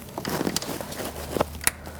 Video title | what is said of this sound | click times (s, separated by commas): How to Replace Front Grille 2016-2019 Chevrolet Cruze | Hear the click. | 1.7 s